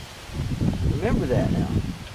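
A metal pressure regulator is handled against the threaded vent pipe of a pressure canner, to be pressed on and turned counterclockwise so its threads line up. Someone talks over soft rustling and handling noise. Nothing has clicked or seated yet.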